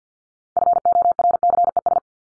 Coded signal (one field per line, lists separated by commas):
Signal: Morse code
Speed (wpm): 50 wpm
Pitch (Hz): 700 Hz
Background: none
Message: FORCES